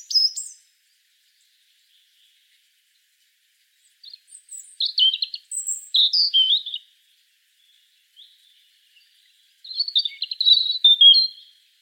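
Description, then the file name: European robin song: a few high thin notes, then clear twittering phrases, and another twittering phrase near the end. "Erithacus rubecula"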